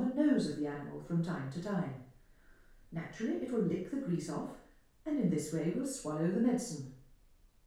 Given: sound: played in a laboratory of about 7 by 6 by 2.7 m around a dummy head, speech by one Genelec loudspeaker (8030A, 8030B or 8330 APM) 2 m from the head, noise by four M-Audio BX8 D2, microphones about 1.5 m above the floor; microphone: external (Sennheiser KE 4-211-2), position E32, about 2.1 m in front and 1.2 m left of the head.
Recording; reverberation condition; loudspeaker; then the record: female speech in English; medium; 90 degrees to the left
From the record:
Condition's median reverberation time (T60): about 510 ms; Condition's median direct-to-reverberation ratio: about -0.5 dB